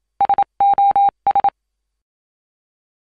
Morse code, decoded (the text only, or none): SOS